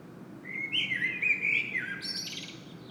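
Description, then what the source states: Common blackbird song: a mellow whistled phrase, then a higher twittering flourish at the end, over a low steady background hum. Singing in Saint-Gilles, Belgium; recorded with a Sony PCM-M10 internal microphone.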